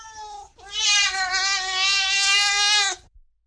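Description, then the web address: Cat meow, a short note followed by one long, loud, sustained wailing meow lasting over two seconds. "cat miaowing"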